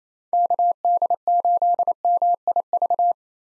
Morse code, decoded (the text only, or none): KD8MIV